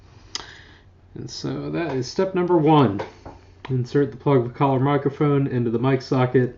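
A metal threaded locking collar on a microphone plug is turned until it tightens home against the socket of a wireless transmitter, and a sharp tick is heard at 0.4 s. After a short pause someone talks. The connector is seated and locked.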